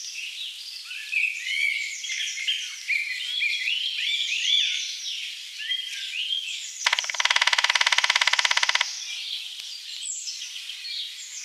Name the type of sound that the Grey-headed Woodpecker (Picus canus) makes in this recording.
song